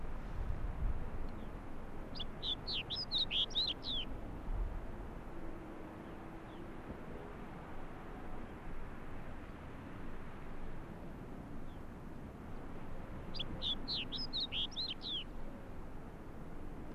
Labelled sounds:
Arctic Fox (Vulpes lagopus)

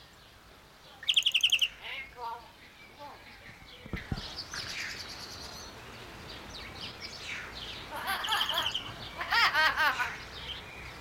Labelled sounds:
Scarlet-headed Blackbird (Amblyramphus holosericeus)

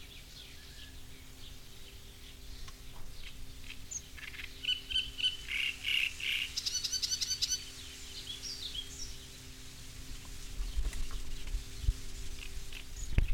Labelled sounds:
Great Reed Warbler (Acrocephalus arundinaceus)

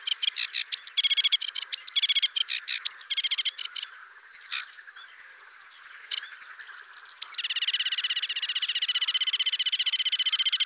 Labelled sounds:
Sedge Warbler (Acrocephalus schoenobaenus) song

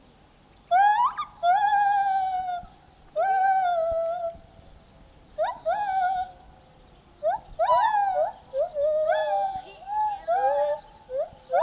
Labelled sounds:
Lar Gibbon (Hylobates lar) song

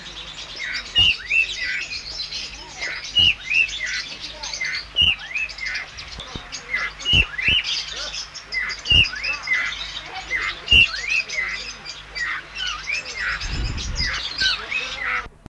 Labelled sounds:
Cockatiel (Nymphicus hollandicus) call

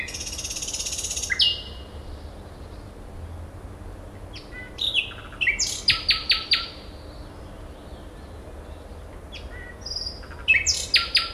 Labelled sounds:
Common Nightingale (Luscinia megarhynchos) song

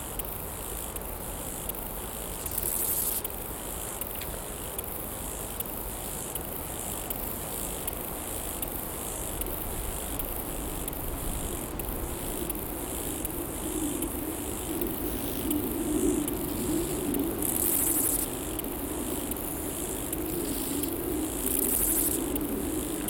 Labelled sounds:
Lesser Marsh Grasshopper (Chorthippus albomarginatus) stridulation

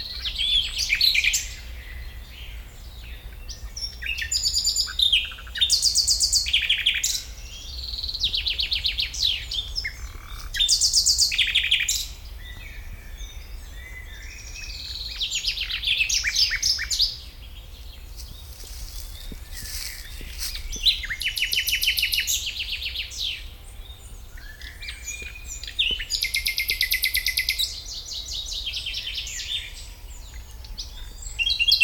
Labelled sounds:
Common Nightingale (Luscinia megarhynchos)

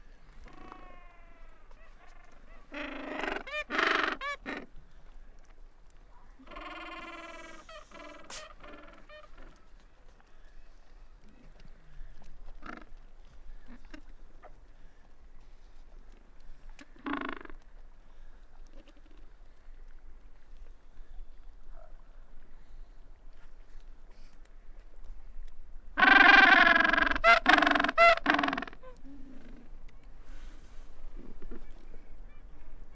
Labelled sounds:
Gentoo Penguin (Pygoscelis papua) call

